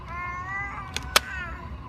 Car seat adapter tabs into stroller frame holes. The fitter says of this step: like that until it clicks